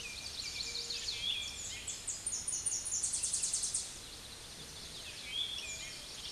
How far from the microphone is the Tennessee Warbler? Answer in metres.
about 20 m